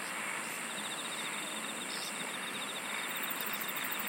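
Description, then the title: Insect chorus: a steady high drone with a faint pulsed trill, over a constant hiss of background noise. "SINGING OF INSECTS"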